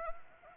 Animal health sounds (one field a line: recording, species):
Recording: mosquito wingbeat signal from an infrared sensor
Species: Anopheles arabiensis